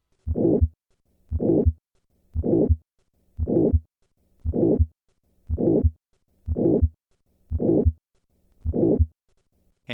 The murmur of aortic stenosis does not change in response to hand grip. Listen to the change in the murmur of aortic stenosis in response to a hand grip maneuver.